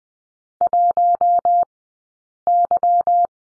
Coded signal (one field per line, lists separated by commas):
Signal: Morse code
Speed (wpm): 20 wpm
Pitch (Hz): 700 Hz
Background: none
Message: 1Y